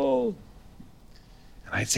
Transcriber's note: groan